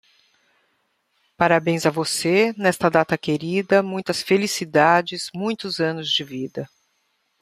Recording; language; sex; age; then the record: short text; Brazilian Portuguese; female; 60 to 69 years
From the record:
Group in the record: control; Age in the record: 60 years